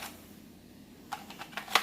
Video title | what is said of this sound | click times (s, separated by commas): Black and Decker 20v matrix reveiw | sure we all know, just like any cordless tool, slides in, locks in place. | 1.8 s